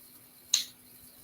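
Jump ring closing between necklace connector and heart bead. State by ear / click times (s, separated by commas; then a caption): seated / 0.5 s. A metal jump ring joining a necklace connector and a heart bead is pressed closed with pliers. Its ends meet in a single small, bright click at 0.5 s, heard over a quiet, steady background. The ring is fully closed.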